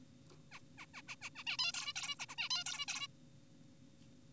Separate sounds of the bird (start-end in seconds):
0.52-0.60, 0.78-0.86, 0.94-1.02, 1.08-1.15, 1.22-1.30, 1.36-1.44, 1.47-1.57, 1.59-1.72, 1.74-1.93, 1.96-2.16, 2.19-2.26, 2.29-2.36, 2.38-2.49, 2.51-2.64, 2.66-2.86, 2.88-3.07